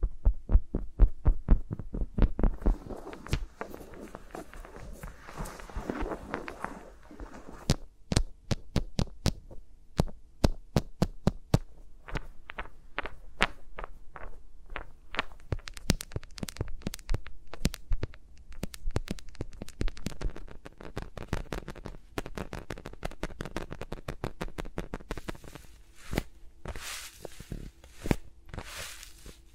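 Fingers tap and brush around the microphones, making sharp crisp clicks in quick irregular runs, densest in the first few seconds and thinning out in the middle. Near the end, brighter rustling scratches join the taps over a faint low hum.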